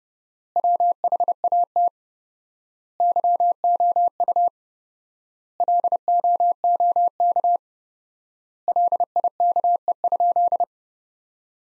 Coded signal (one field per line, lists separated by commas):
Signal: Morse code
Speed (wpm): 30 wpm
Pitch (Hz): 700 Hz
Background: none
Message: WHAT YOU LOOK LIKE?